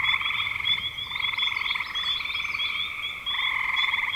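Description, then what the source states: Frog chorus of rattling pulsed trills, calls overlapping and swelling in waves, with thin higher chirps above. Frogs recorded in spring 2025.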